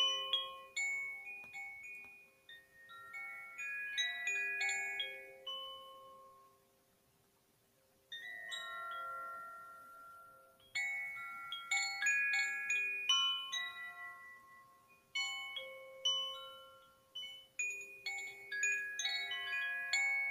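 Wind chimes ring in clustered bursts, bright sustained tones overlapping and slowly fading between strikes. Activity swells around the start, 8 to 14 seconds, and after 15 seconds, with a near-silent lull from about 6 to 8 seconds. No other sounds intrude.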